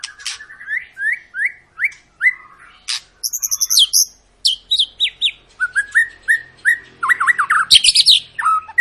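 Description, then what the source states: White-rumped shama singing varied phrases: repeated upslurred whistles, a burst of very high trills, then quick rolling notes and sharp clicks. Long lure recording of actively singing white-rumped shama, played to make other birds sing.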